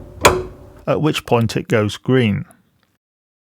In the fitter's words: You'll notice that the indicator on the handle shows red until it locks into place,